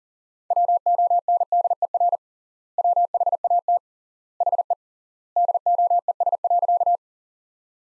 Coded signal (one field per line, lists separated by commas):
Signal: Morse code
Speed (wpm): 40 wpm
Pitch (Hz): 700 Hz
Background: none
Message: WONDER WHAT HE DOES.